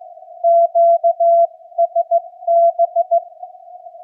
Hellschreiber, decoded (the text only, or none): none